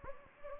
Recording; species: mosquito wingbeat signal from an infrared sensor; Anopheles gambiae